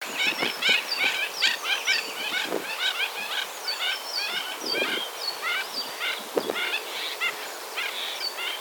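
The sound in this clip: Mandarin duck calls: a dense flock chorus of short whistled notes, sharply upslurred and downslurred, overlapping in quick succession, with a few low dull thuds beneath.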